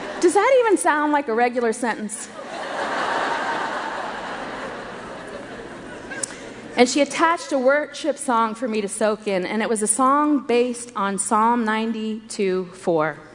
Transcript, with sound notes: Does that even sound like a regular sentence? (laughter) She attached a worship song for me to soak in, and it was a song based on Psalm 92:4.